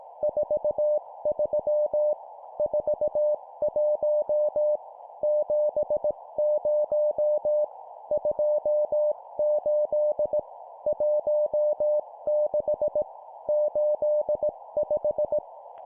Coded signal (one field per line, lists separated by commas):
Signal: Morse code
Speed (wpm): 18 wpm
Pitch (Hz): 600 Hz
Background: none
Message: 43 41 70 28 16 85